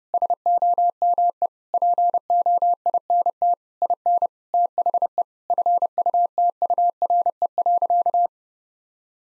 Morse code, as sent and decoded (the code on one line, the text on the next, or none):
... --- -- . / .--. --- .. -. - / .. -. / - .... . / ..-. ..- - ..- .-. . .-.-.-
SOME POINT IN THE FUTURE.